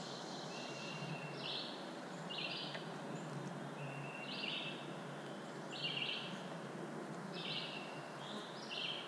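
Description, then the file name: Black-throated blue warbler song: several short buzzy phrases over a steady hiss. "Black-throated Blue Warbler - Setophaga caerulescens"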